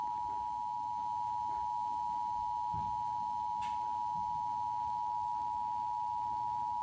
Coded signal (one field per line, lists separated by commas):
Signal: Emergency Alert System (SAME) tones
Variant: 853 and 960 Hz attention tone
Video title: Comcast Emergency Alert System- Maryland Required Monthly Test June 30,2022